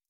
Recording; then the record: hydrophone in a shrimp aquaculture tank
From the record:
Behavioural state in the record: stressed